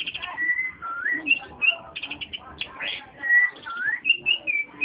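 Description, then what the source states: Oriental magpie-robin singing rich whistled phrases, rising and falling slurs mixed with short chattering notes, nearly without pause. Chirping song.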